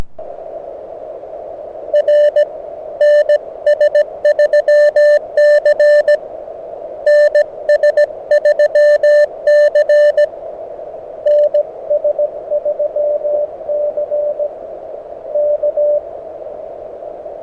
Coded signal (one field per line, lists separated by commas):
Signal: Morse code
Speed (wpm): 17 wpm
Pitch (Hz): 590 Hz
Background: radio noise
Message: R NS3C NS3C NS3C K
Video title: Beginner Morse Code SOTA Practice | Cooper Mountain | Summits on the Air